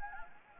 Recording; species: mosquito wingbeat signal from an infrared sensor; Anopheles gambiae